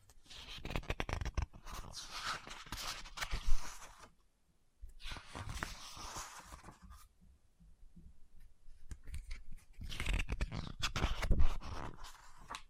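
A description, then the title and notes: Fingers tap and scratch at a book in dense, crackly bursts, broken by a brief silence near four seconds and a sparser, quieter stretch mid-clip. Book Tapping, Scratching, Page Turning.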